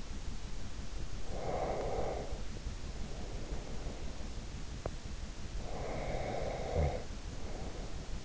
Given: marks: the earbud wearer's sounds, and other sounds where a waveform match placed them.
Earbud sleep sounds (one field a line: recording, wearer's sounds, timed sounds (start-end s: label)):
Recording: sounds in sleep by an in-ear microphone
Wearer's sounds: breath, teeth grinding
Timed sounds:
1.28-4.45 s: breath
4.74-5.00 s: teeth grinding
5.60-8.25 s: breath